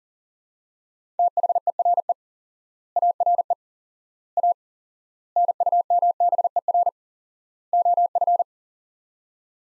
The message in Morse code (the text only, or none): THERE ARE A NUMBER OF